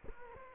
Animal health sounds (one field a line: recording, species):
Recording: mosquito wingbeat signal from an infrared sensor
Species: Culex quinquefasciatus